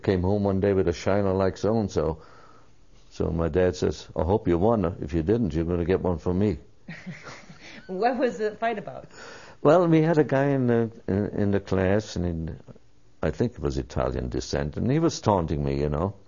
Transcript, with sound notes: I came home one day with a shiner like so-and-so, so my dad says, "I hope you won it. If you didn't, you're gonna get one from me. (Laughs)
What was the fight about?
Well, we had a guy in - uh - in - in the class, and in - I think he was Italian descent - and he was taunting me, you know?